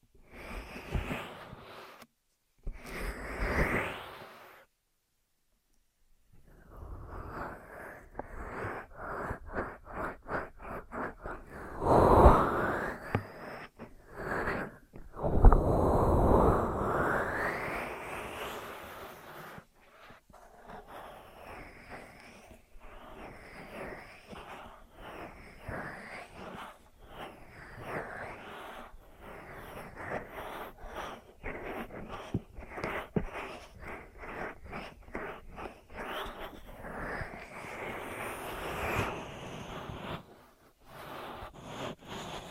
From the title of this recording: Ear Massage, Cleaning